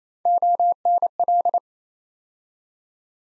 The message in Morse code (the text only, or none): ONL